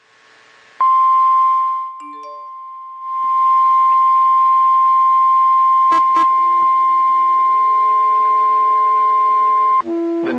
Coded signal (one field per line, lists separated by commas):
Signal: Emergency Alert System (SAME) tones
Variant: 1050 Hz attention tone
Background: music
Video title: Severe Thunderstorm Warning on KHB37 (EAS #173)